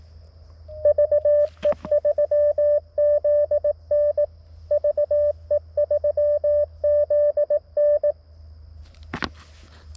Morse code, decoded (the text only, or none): VE3ZN VE3ZN